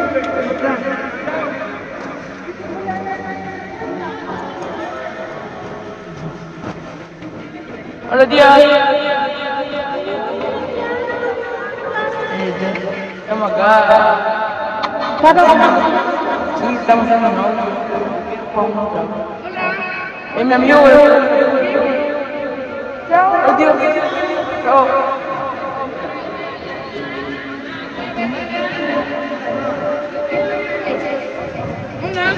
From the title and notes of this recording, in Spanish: Feria - Paisaje Sonoro. Por José Tomás Piña y Anthony Correa.